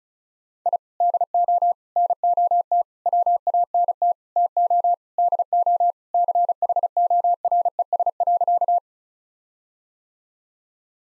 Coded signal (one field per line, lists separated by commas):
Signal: Morse code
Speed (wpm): 36 wpm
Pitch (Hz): 700 Hz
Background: none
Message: I DO NOT WANT TO DO CHORES.